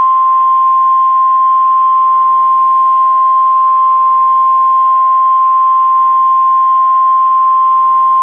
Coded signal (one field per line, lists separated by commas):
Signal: Emergency Alert System (SAME) tones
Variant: 1050 Hz attention tone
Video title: EAS Comedy: Drunk Elmo Alert